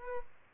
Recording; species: mosquito wingbeat signal from an infrared sensor; Aedes albopictus